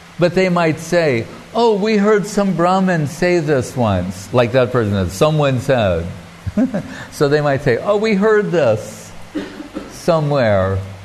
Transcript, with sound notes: But, they might say, “Oh, we heard some brāhmaṇ say this once.” Like, that person said, “Someone said.” [chuckling] So, they might say, “Oh, we heard this somewhere.”